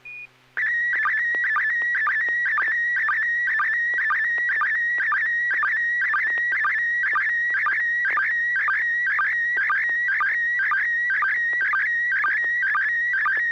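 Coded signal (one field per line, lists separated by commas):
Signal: SSTV (slow-scan television)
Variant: PD 120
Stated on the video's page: SSTV images on a weekly net via a 441.300 MHz FM repeater, sent with MMSSTV software.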